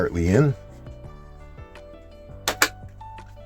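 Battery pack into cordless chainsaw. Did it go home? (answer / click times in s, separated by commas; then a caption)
yes / 2.5 s, 2.6 s. Someone talks briefly at the start, then a rechargeable battery pack is pushed fully onto the metal connectors of a cordless chainsaw. Two loud, sharp clicks at 2.5 s and 2.6 s mark the latch as the battery clicks into place and is seated.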